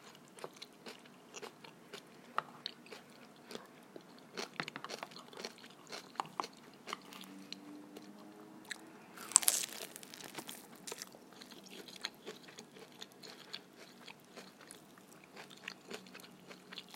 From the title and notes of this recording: ASMR-Eating Stinky Tofu.